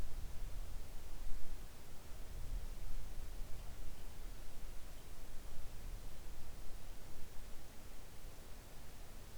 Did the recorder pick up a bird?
no